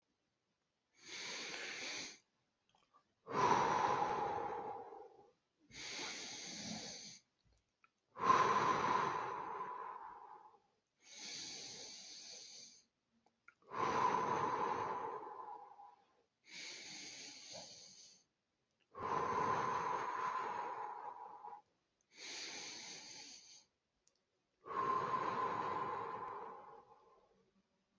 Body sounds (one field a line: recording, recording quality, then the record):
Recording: deep breathing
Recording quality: excellent, no background noise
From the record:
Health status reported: healthy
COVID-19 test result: not tested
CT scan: not taken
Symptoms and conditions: none ticked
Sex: male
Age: 37 years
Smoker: no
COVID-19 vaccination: both doses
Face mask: not worn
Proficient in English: yes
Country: India